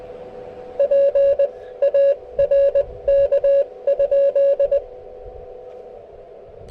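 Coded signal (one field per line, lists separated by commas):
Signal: Morse code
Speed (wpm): 19 wpm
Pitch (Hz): 530 Hz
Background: none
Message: PARK?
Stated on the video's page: Portable QRP park activation with a KX3 and an improvised speaker-wire antenna, later moving to 30 meters.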